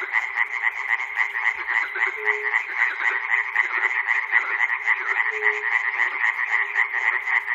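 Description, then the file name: Dense frog chorus of quick repeated croaks, about four per second, plus two short low droning notes. Recorded at Chernobyl. "peter cusack-chernobyl frogs"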